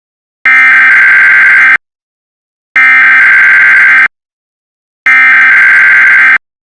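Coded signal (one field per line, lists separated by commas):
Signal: Emergency Alert System (SAME) tones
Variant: header bursts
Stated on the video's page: Fictional scenario of made-up emergency alert styles across eras.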